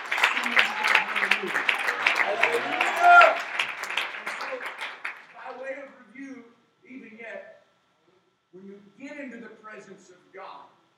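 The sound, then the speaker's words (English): A church audience claps their hands to the Lord in a dense, steady burst of applause lasting about five seconds, then the clapping stops and a single voice begins speaking. “All clap their hands to the Lord in this place.”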